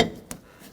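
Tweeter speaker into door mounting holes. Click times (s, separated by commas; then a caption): 0.0 s, 0.3 s. A tweeter speaker is pushed back into its plastic mounting holes in the door of a 1995-2004 Toyota Tacoma during a front window regulator replacement. A loud click at 0.0 s is followed by a short, sharp click at 0.3 s, then quiet. The tweeter is seated and locked in.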